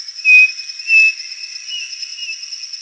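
Bird call of two clear whistled notes early on, followed by softer drawn-out whistles, over an unbroken high-pitched tone.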